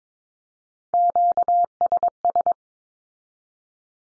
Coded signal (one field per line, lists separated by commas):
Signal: Morse code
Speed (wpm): 22 wpm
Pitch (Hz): 700 Hz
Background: none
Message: QSS